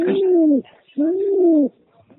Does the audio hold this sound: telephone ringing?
no